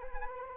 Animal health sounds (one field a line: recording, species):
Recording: mosquito wingbeat signal from an infrared sensor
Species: Anopheles arabiensis